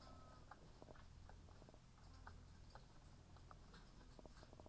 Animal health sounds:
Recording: poultry house recording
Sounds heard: sick chickens (respiratory disease)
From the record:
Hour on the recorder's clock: 9

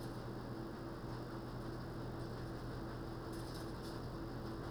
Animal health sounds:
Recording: poultry house recording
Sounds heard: no chicken sound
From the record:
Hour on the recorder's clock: 21

